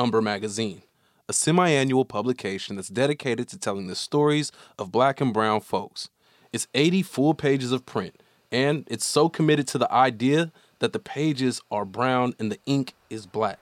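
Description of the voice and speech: A man narrates in a clear, low-pitched voice at an easy, even pace, pausing briefly between phrases. There are no blocks, repetitions or slurring, and the voice sounds smooth rather than hoarse. This is ordinary fluent adult speech.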